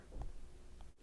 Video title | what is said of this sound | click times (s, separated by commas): Replacing The Valve Cover Gasket On A Kia Sportage With A 2.4l Engine | plug them in, push the little lock tabs in until they click. | 0.2 s